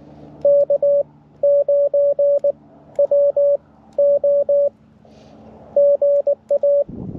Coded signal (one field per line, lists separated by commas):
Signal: Morse code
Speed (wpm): 19 wpm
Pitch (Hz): 570 Hz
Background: radio noise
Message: K9WO GA